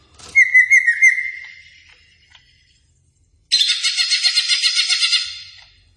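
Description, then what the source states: Greater green leafbird song: a whistled trill, a pause, then a long fast run of rattling buzzy notes. Singing actively.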